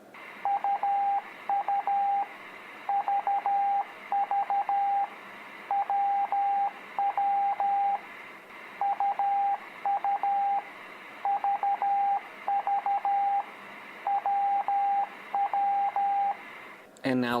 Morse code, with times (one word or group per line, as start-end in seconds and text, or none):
0.5-2.2 UU
2.9-5.0 VV
5.7-8.0 WW
8.8-10.6 UU
11.3-13.4 VV
14.1-16.3 WW